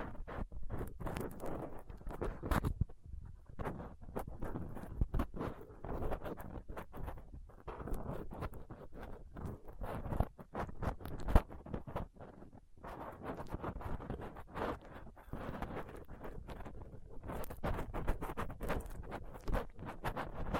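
Dense, irregular scratching and scraping against a microphone from a dental pick, tweezers and cotton swab, with rough clicks and brief pauses throughout.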